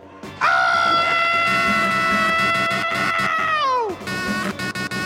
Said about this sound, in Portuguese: E vamos terminar todo mundo gritando, porque esse é o Grito Rock